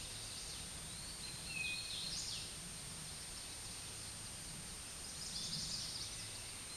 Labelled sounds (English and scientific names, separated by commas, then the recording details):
Hooded Warbler (Setophaga citrina) song
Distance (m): 65 m
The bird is about 30 m above the microphone
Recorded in a Pennsylvania forest on 16 May 2024 at 09:51
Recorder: AudioMoth, point MSD-0398
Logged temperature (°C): 16.4 °C
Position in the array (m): 154 m, 145 m